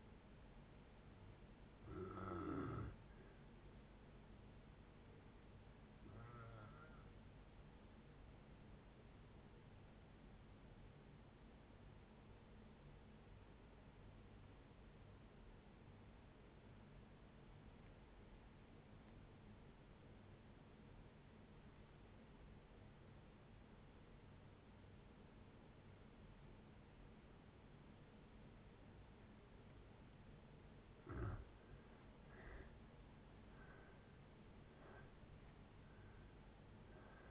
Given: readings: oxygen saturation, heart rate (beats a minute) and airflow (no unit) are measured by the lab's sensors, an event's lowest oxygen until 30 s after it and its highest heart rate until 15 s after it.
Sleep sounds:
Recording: breathing in sleep by a voice recorder at the bedside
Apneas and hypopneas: 1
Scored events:
10.00-32.00 s: obstructive apnea (N1, oxygen 97% highest, then 76% lowest, heart rate 58 at the start, 76 highest)
From the record:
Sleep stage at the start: N1 (lightest sleep)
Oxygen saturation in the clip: 78 to 97%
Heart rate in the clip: 56 to 76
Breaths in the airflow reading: 5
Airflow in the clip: -7.1 to 8.3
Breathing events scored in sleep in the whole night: 496 in 5.4 hours asleep

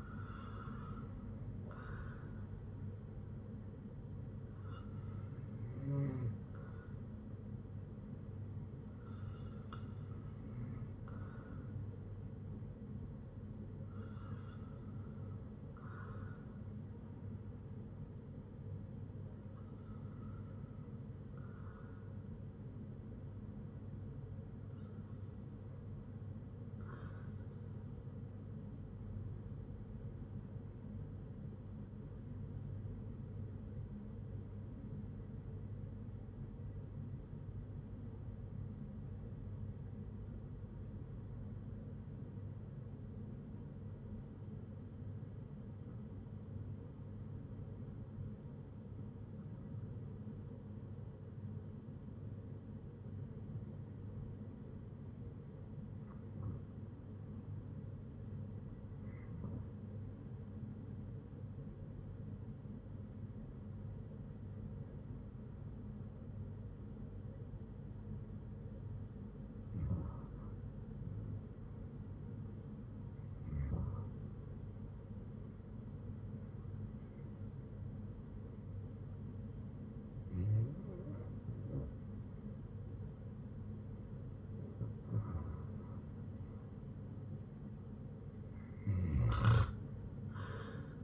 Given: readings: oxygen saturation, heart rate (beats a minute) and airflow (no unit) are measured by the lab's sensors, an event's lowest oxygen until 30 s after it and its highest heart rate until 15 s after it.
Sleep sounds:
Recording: breathing in sleep by a smartphone at the bedside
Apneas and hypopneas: 1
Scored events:
34.00-83.20 s: hypopnea (REM, oxygen 96% highest, then 78% lowest, heart rate 60 at the start, 80 highest)
From the record:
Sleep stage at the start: REM sleep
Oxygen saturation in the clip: 82 to 96%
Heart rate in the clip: 59 to 76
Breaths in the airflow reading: 21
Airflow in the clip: -7.3 to 6.7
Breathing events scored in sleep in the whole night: 182 in 7.4 hours asleep

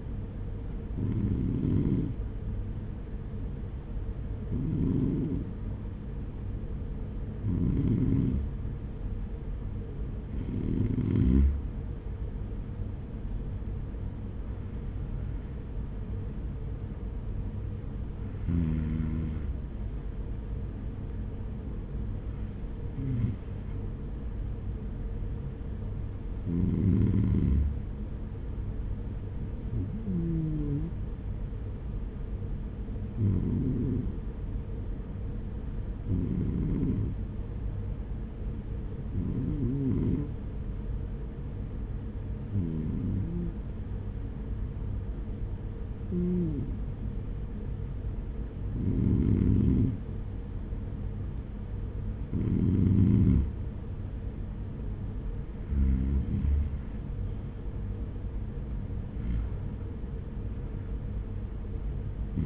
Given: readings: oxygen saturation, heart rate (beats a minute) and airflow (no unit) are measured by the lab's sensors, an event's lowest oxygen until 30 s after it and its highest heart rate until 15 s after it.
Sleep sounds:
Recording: breathing in sleep by a smartphone at the bedside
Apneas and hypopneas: 1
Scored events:
35.00-54.80 s: hypopnea (REM, oxygen 97% highest, then 94% lowest, heart rate 66 at the start, 66 highest)
From the record:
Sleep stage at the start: REM sleep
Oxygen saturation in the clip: 94 to 97%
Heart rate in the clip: 57 to 67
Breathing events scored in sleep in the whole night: 210 in 6.9 hours asleep

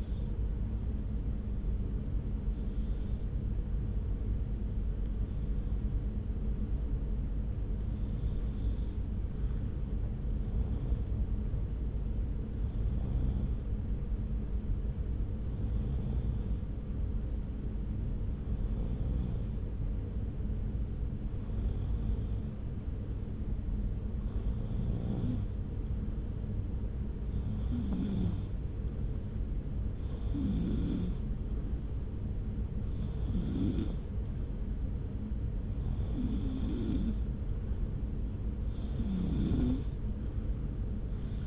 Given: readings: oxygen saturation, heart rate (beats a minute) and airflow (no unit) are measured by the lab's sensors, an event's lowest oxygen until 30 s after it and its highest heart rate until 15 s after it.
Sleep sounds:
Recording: breathing in sleep by a smartphone at the bedside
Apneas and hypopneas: 1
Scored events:
4.00-27.60 s: hypopnea (N2, oxygen 97% highest, then 91% lowest)
From the record:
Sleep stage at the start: N2 (light sleep)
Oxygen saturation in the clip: 91 to 97%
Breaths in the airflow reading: 14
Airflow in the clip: -0.7 to 1.1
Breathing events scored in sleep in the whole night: 335 in 6.7 hours asleep

